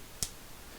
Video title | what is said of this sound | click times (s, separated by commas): Just Add Lightness headset review and so counter. | and if you can hear that click | 0.2 s